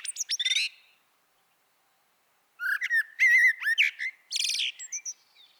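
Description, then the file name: Eurasian blackbird singing a twittery fragment, then after a pause a longer phrase of mellow warbled notes running into high, scratchy chatter and a thin trailing whistle. "Turdus merula"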